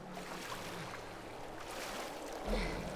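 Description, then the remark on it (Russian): A small rowboat drifts with the current on a foggy river as a woman rows with children aboard. There is a steady wash of flowing river noise and a low hum, with soft oar splashes rising now and then, swelling slightly louder near the end. “Лодка плывет по течению. Надпись. 14 часов на реке. Мэлори и дети в повязках. Мэлори гребет.”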